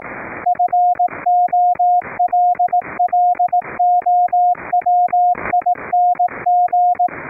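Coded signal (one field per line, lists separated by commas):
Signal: Morse code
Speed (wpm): 18 wpm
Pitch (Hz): 710 Hz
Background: radio noise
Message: FOLLOWING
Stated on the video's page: CW sent over a LAN via NETJACK1 audio-over-IP to a remote rig, keyed by an audio-derived PTT circuit using RECRI keyer software.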